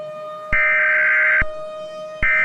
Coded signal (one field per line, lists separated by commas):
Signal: Emergency Alert System (SAME) tones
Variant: header bursts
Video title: Michigan Severe Weather Outbreak (2020) [EAS MOCK]